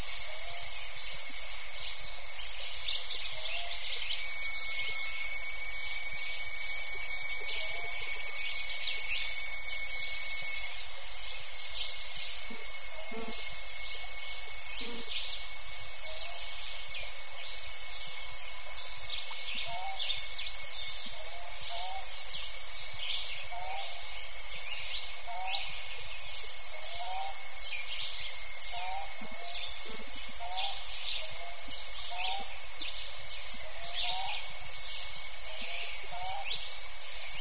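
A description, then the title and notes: Morning insects fill the air with a dense, steady, high shrill drone that pulses quickly throughout, over a thin continuous whine. Soft, short lower calls repeat every second or two, and there is almost no low sound. The morning insects give way to the morning dawn chorus of birds.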